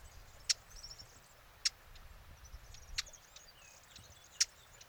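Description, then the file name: Eurasian blackcap giving four loud, hard tac clicks at irregular intervals, with faint high trilling notes and soft low rumble between them. "Sylvia atricapilla"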